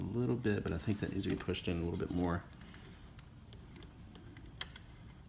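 A plastic 6+2 pin PCIe power plug is pushed further into a GPU power socket while someone talks. After the talking stops, there are a few faint ticks, then a sharp click at 4.6 s as the plug latches and is seated.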